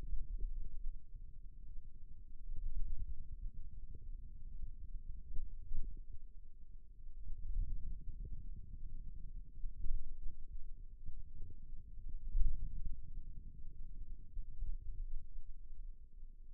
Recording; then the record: forearm muscle sounds (acoustic myography)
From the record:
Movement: pen grasping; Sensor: system 2, bracelet of six BSWA MPA416 microphones around the upper forearm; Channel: 3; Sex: male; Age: 22 years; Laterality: right